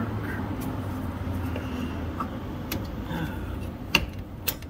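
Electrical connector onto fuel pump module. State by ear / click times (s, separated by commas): seated / 4.0 s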